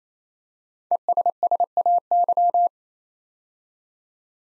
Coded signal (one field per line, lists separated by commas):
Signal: Morse code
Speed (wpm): 27 wpm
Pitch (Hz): 700 Hz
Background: none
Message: ESSAY